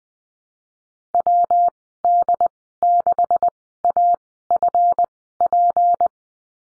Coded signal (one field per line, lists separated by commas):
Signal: Morse code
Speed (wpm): 20 wpm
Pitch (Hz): 700 Hz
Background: none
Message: WD6AFP